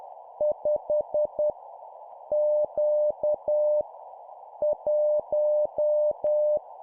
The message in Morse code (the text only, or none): 5 Q 1